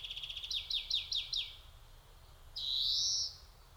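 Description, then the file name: European greenfinch song: a short run of quick twittering notes, then a drawn-out buzzy wheeze; quiet background. "Chloris chloris"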